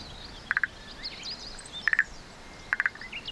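Frog giving three short triple-pulsed calls, roughly a second apart.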